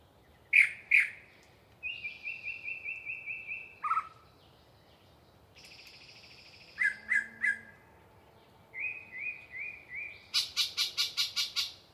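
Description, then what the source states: Yellow-breasted chat song mixing two sharp notes, an even run of whistles, a dropping note, a buzz, clucks, more whistled notes and a final harsh chatter. Very talkative bird singing a long pre-dawn soliloquy in deciduous cover.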